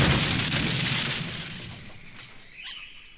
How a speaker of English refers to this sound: As the speeder tore past him, Luke slashed off a stabilizer fan. The bike spun out of control and smashed into a giant tree.